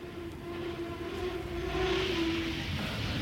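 A train at a station: a steady mechanical drone with a sustained humming tone over low rumble, growing a little louder and hissier about halfway through, with no voices.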